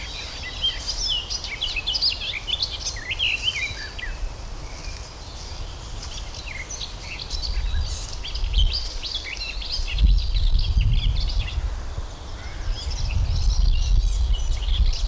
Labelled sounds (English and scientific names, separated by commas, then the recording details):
Garden Warbler (Sylvia borin) song
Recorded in the wild
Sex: male
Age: adult
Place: Summt, Brandenburg, DE
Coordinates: 52.6931, 13.3619
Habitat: garden
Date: 1997-05-17 12:40
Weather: sunny, 25°C
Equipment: Sony MD-WM MZ-R3, Sennheiser MKH 416 T, Kopie Uher 4000 Report Monitor
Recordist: Tembrock, Günter